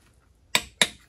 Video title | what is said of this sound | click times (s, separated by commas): Mercruiser outdrive lower unit rebuild - (PART 7) | to the bottom to the bottom and again all we're waiting for is 35 foot pounds with that clicking sound there it | 0.6 s